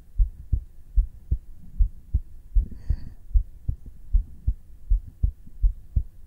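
Steady low thumping heartbeat, about 77 beats a minute, heard directly on the bare skin of the chest through a black 3Dio binaural microphone, with a brief rustle partway through.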